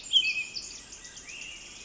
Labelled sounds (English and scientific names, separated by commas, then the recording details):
Pacific Wren (Troglodytes pacificus)
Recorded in Sonoma County, California